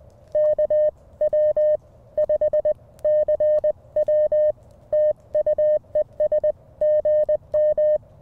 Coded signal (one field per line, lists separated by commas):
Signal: Morse code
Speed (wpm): 20 wpm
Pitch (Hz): 610 Hz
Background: none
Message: KW5CW TU ES GM